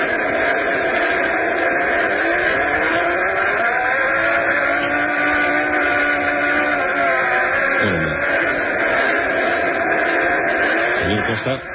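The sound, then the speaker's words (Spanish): A recorded sound from Mars called ice flow, a collapse and cracking of ice: a steady, noisy rumble like a revving motorcycle, with whining tones that slowly rise and fall in pitch, a brief downward swoop near the end, and no pauses throughout. “Ellos lo llaman ice flow.”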